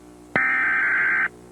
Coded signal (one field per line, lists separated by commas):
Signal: Emergency Alert System (SAME) tones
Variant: header bursts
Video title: Emergency Alert System Evolution 1987-2025